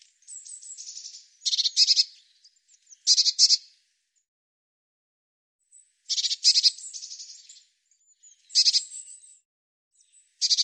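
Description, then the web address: Bird song made of soft twittering followed by sharp, buzzy, rattling trills, several bursts spread across the recording, with quiet gaps between them. "cianscape birddata Deverinetal Bird Cy Ca"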